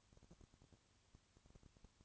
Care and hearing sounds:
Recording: daily activity, microphone in the room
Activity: no activity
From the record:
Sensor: 3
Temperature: 20.5 degrees Celsius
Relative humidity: 34.6%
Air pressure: 1001.0 hPa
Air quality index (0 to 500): 195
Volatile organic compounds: 6 ppm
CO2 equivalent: 1858 ppm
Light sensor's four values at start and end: 2/3/2/2 and 2/3/2/2

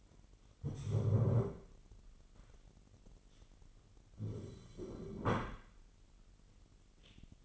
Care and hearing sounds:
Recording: daily activity, microphone in the room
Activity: stand up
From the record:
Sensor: 4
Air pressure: 999.4 hPa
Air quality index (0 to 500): 110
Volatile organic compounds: 2 ppm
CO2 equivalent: 1086 ppm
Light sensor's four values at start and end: 11/26/10/11 and 11/26/10/11

